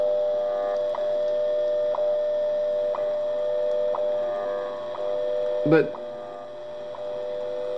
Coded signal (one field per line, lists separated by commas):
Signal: radio time signal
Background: speech